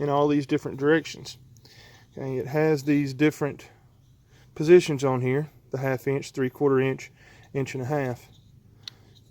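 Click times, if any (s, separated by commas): 8.9 s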